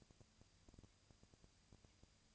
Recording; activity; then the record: daily activity, microphone in the room; no activity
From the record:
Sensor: 2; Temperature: 20.1 degrees Celsius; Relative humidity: 35.5%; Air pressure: 997.0 hPa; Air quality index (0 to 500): 197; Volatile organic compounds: 30 ppm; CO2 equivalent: 2958 ppm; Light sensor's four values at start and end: 2/3/2/2 and 2/3/2/2